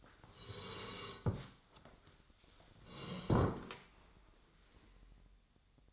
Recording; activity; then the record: daily activity, microphone in the room; sit down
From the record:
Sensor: 3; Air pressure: 1015.2 hPa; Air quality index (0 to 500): 138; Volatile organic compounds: 6 ppm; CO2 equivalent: 1946 ppm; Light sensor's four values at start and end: 13/31/13/13 and 13/31/13/13